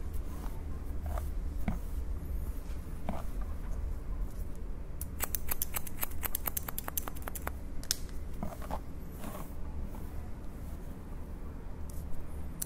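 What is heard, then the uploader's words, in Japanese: Scissors cut with sharp, crisp snips over a steady low rumble that runs the whole way through. A few isolated snips come early, then a quick regular run of cuts between about five and seven and a half seconds, followed by scattered single snips. (ASMR)ハサミでカット。ホワイトノイズよりの音となります。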